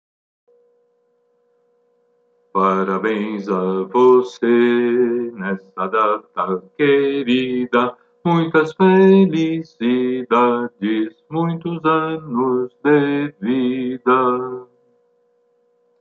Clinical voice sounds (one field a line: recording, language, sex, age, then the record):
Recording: short text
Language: Brazilian Portuguese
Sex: male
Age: 60 to 69 years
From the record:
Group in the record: control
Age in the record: 66 years